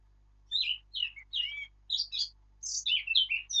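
Eurasian blackcap song: scratchy, jumbled warbling notes in short bursts, then a quicker run ending in a clear whistle.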